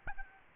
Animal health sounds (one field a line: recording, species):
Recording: mosquito wingbeat signal from an infrared sensor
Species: Aedes albopictus